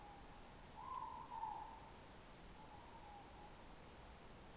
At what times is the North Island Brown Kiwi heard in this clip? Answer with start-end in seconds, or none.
none